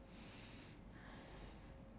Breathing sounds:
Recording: one breath in and out by a microphone near the nose and mouth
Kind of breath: deep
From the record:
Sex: male

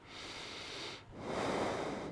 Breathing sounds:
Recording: one breath in and out by a microphone near the nose and mouth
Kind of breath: normal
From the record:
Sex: male

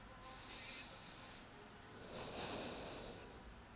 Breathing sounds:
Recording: one breath in and out by a microphone near the nose and mouth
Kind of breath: deep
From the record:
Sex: male

